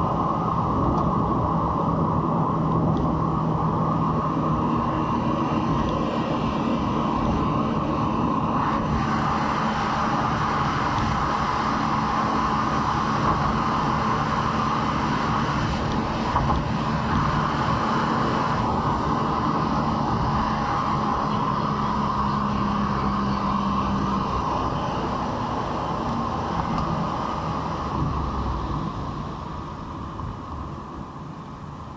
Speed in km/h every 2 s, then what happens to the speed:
70, 67, 66, 65, 63, 62, 63, 64, 64, 64, 57, 57, 53, 46, 29, 22.
0-9 slows to 62. 9-17 steady at about 63. 17-32 slows to 22.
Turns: none.